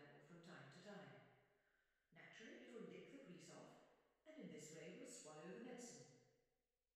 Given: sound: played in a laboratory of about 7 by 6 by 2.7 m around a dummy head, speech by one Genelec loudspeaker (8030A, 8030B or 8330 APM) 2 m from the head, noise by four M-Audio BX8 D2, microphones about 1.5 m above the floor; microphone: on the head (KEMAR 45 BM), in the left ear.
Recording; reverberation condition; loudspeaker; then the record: female speech in English; high; 60 degrees to the right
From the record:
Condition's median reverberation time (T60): about 1300 ms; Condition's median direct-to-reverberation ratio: about -4.0 dB